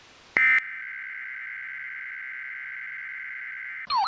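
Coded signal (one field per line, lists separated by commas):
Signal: Emergency Alert System (SAME) tones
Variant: header bursts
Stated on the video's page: Fictional EAS scenario.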